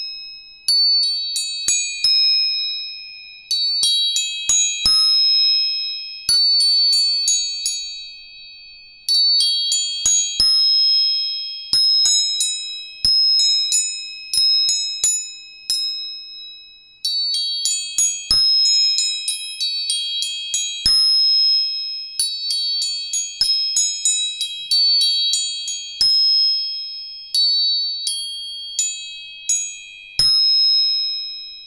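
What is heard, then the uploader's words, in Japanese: Tuning forks are struck again and again, each sharp tap followed by a clear, bright ringing tone that slowly fades. Strikes come every second or two, often overlapping so several high pitches sound together. Nothing low or in the background. 音叉チューニング全体性。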